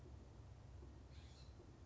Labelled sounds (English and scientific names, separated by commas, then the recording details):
California Scrub-Jay (Aphelocoma californica)
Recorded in Sonoma County, California